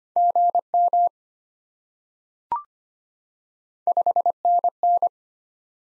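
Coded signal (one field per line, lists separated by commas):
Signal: Morse code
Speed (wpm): 25 wpm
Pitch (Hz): 700 Hz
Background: none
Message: GM 5NN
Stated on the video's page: Morse code head-copy practice at 25 wpm of common QSO elements, each sent, spoken, then sent again.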